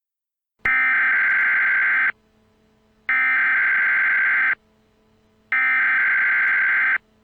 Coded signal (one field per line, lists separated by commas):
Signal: Emergency Alert System (SAME) tones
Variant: header bursts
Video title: EAS | Nuclear Attack Scenario #5